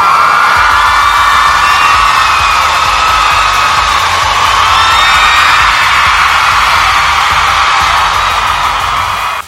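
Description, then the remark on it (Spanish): A loud crowd ovation for a birthday, with sustained cheering, whoops and shouts blending into a dense roar that holds steady for nearly ten seconds, with a low rumbling underneath. “Ovación al Tokiji.”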